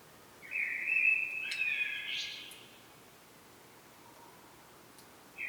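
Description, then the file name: Common blackbird song: a single fluty phrase rising into a higher squeaky ending, then quiet until another phrase begins at the very end. "Turdus merula"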